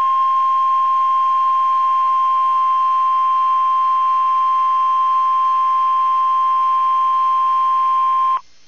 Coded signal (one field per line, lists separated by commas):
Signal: Emergency Alert System (SAME) tones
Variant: 1050 Hz attention tone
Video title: EAS A Chilly Florida Tornado Drill NOAA Weather Radio (2022 Severe Weather Week)